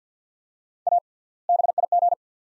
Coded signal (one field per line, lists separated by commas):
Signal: Morse code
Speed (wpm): 50 wpm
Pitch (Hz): 700 Hz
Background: none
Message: A BIG